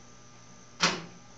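A long piece of an Eastwood TIG 200 torch setup is pushed into its torch or machine socket, where it pops into place before being twisted to lock. A single sharp, bright snap sounds at 0.8 s against quiet background hiss and fades within about a quarter second, marking the part as seated.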